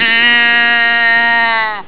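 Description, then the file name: Moose call: one steady, harmonic moan held level for almost two seconds, then ending abruptly. "elch"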